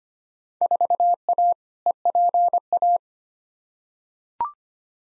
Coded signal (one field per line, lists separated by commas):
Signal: Morse code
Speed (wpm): 25 wpm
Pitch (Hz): 700 Hz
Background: none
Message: 4A EPA